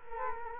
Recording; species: mosquito wingbeat signal from an infrared sensor; Culex quinquefasciatus